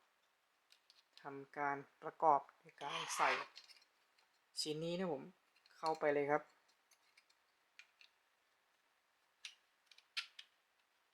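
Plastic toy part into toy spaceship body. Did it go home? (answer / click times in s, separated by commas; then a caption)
yes / 9.4 s. A plastic piece from a blind-box space toy is pushed into the assembled toy mothership, seating at 9.5 s. Someone talks at first, then several small plastic clicks come during the fitting as the piece locks exactly into place.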